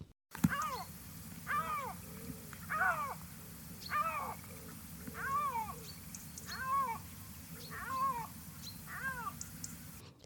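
Iberian lynx giving repeated meow-like calls, each a short arched wail with bright harmonics, about one a second, over a low background hum.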